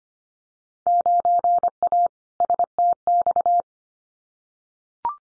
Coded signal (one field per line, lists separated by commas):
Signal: Morse code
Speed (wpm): 25 wpm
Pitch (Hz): 700 Hz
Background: none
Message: 9A STX